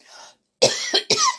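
A short bout of two or three harsh, noisy coughs from an adult woman in quick succession after a brief pause.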